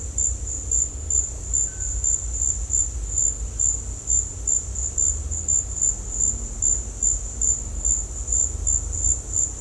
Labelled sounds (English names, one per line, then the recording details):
none
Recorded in dense forest near Puerto Asís, Putumayo, Colombia, on 16 December 2024 at 16:30
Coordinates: 0.467, -76.328
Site GP05